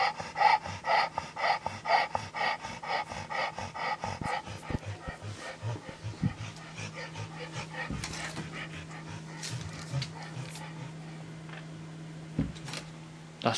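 Fast, rhythmic, noisy breaths run at about 120 a minute, loudest in the first few seconds and carrying a slightly musical, whistling edge, then trail off into quieter, uneven breathing over a steady background hum. Wheezing in a male dog that started the same day.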